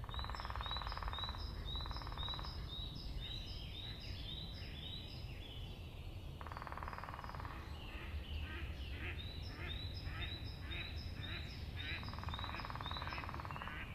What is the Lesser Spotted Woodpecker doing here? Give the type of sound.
drumming